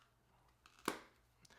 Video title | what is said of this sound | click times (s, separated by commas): Is This Case STRONGER THAN STEEL??? - Zagg Santa Cruz for iPhone 15 Pro Max | not too too much of a click on here because these sides are rubber | 0.9 s